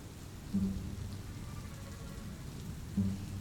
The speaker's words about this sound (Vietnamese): Chỉ còn nghe thấy tiếng mưa hòa cùng với tiếng gió rít lên từng đợt, tựa hồ như những âm thanh vọng về từ cõi địa ngục vậy, lạnh lẽo đến rợn người.